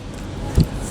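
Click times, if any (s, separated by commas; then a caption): 0.6 s. A plastic lid is closed onto a plastic shaker cup, giving a soft, solid click at 0.6 s that confirms the lid has clicked shut. No one talks during the clip, and a low background hum runs throughout.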